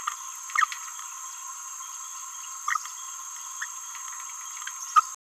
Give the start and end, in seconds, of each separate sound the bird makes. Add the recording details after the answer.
0.57-0.66, 4.95-5.01. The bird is a female. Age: 26 days. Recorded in a nest box in Venezuela. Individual 17B31A3